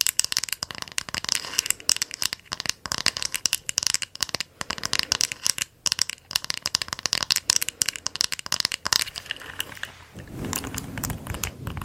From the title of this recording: Unpredictable, Up-Close Hair Play